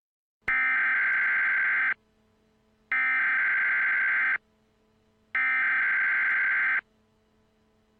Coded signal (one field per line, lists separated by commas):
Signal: Emergency Alert System (SAME) tones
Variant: header bursts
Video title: Emergency Alert System Mock: Murderous Clowns